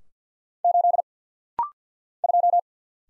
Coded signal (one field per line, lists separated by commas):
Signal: Morse code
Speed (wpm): 50 wpm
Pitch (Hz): 700 Hz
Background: none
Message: 8 2